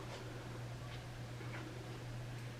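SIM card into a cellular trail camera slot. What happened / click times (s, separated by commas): The card is lined up at the slot, not yet seated / none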